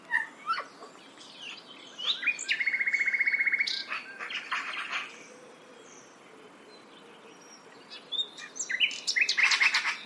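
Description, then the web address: Bird giving a fast, steady series of identical pipping notes, with scattered higher chirps and twitters before and after, over faint background noise. Call described as a repeated 'pi pi pi pi'. "Deverinetal 2025 File origin Bird Only"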